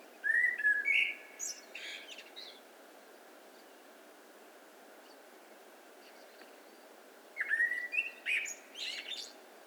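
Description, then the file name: Eurasian blackbird song in two phrases about seven seconds apart, each a rich low whistle followed by scratchy high twittering. "Turdus merula"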